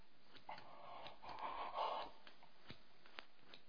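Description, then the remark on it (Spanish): Scissors cut through the cloth covering a burn with a soft, rasping tear that swells for about a second and a half, followed by a few sharp, isolated snips. Quiet overall, with no voices. “¿Qué vas a hacer con esas tijeras? Cortar la tela que cubre la quemadura.”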